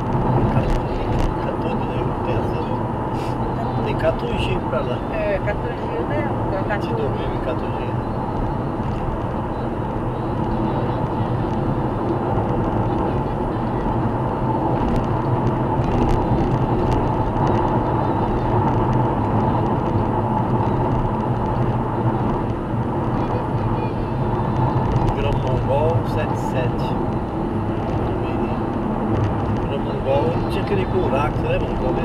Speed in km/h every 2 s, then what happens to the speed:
113, 111, 110, 111, 112, 113, 113, 112, 110, 107, 106, 104, 103, 102, 103, 103.
0-32 steady at about 110.